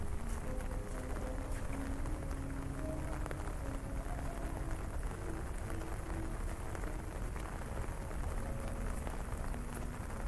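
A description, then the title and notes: Rain patters on an umbrella during a city walk, a dense, steady hiss with sharper drop taps scattered throughout. A heavy low rumble runs underneath the whole time, and faint humming tones drift in and out in the background. Umbrella Rain City Walk. A walk through a rainy city.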